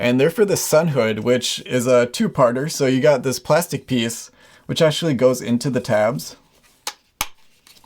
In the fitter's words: It clicks right into place.